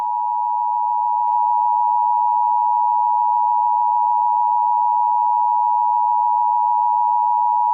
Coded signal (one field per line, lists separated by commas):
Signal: Emergency Alert System (SAME) tones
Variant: 853 and 960 Hz attention tone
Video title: The Great Serial Killer Spree: a serial killer EAS Scenario